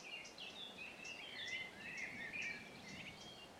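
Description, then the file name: Eurasian blackcap song: a busy, chattering warble of mixed short notes and brief whistles that runs throughout, with broad background noise. "Sylvia atricapilla"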